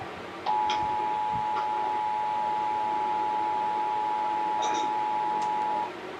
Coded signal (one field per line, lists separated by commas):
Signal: Emergency Alert System (SAME) tones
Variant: 853 and 960 Hz attention tone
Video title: Shasta's RMT (EAS #3544-3555)